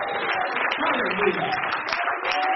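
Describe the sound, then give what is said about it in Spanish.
An audience applauding steadily, a dense, continuous patter of many hands clapping at a fairly loud level for a couple of seconds, with voices mixed into the noise. “Un aplauso más rápido”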